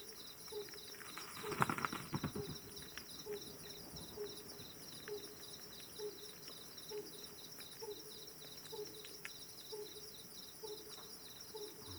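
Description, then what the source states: Pallid scops owl giving short, low hoots repeated steadily, over a constant high insect buzz with scattered soft clicks and a louder rustle early on. Male hooting, recorded with the wingbeats of bats audible.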